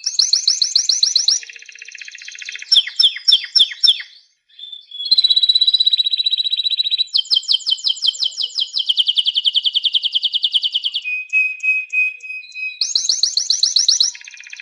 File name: chant canari birdsforalldz